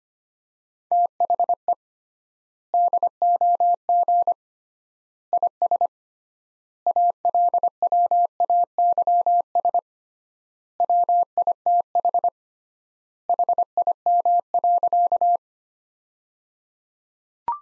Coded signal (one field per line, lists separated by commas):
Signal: Morse code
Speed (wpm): 25 wpm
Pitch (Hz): 700 Hz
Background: none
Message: THE DOG IS ALWAYS WITH HIM.